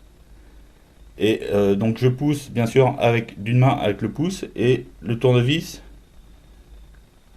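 Someone talks while pushing the plastic hard drive bay cover latch of a PlayStation 3 12GB Ultra Slim game console with a thumb and prying it with a small screwdriver wedged in. Nothing has clicked or released yet.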